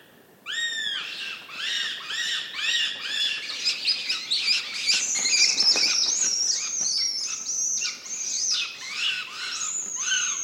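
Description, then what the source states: Northern goshawk chicks in a rapid, excited burst of overlapping arched begging calls turning into high, sharp squealing chatter, as if squabbling. Several chicks at a nest in forest, Central Sweden, 29 June 2018, overnight; chicks fighting and begging for food, calls echoing around the forest.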